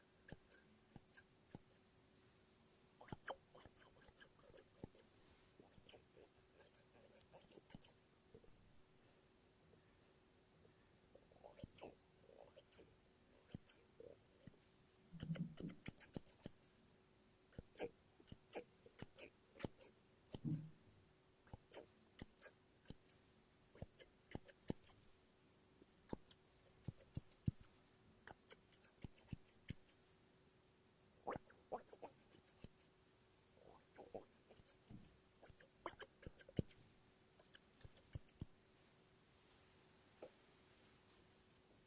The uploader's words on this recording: ASMR Scissors No Talking Snips and Cutting Paper.